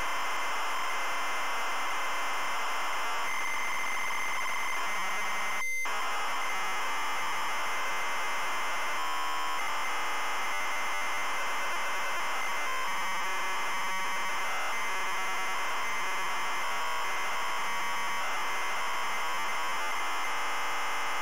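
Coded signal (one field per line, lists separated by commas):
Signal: ZX Spectrum tape loading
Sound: continuous harsh buzzing data screech with brief tonal interruptions and short gaps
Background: tape hiss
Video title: ZX SPECTRUM Loading Buffalo Bill's Wild West Show 1989 Micro Value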